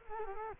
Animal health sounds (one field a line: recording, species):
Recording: mosquito wingbeat signal from an infrared sensor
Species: Culex quinquefasciatus